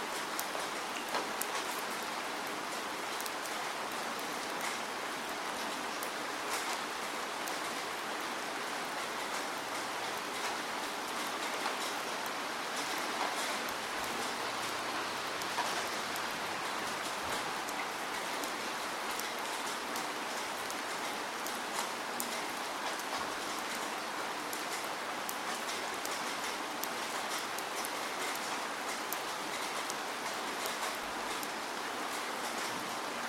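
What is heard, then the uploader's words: Steady, dense rain falls close by, a bright even hiss with constant crackling drops on a surface and no change throughout. Relaxing Sound Of Falling Rain. Rain noise.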